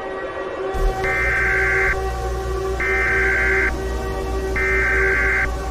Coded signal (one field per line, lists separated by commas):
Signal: Emergency Alert System (SAME) tones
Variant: header bursts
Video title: EAS Scenario #6 - Natures Slice